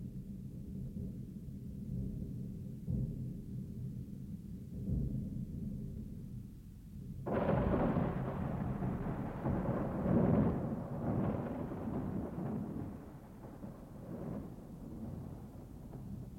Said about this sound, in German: Da fängt es dann zu regnen an. Und seitdem regnet es. Aber es kann ja nicht ewig regnen. Oder? Sie meinen, es wird ewig regnen?